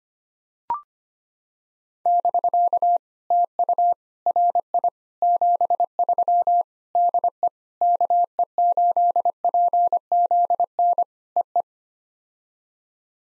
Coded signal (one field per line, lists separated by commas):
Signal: Morse code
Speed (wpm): 24 wpm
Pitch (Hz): 700 Hz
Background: none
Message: <BK> TU RI 73 DE KE8PZN EE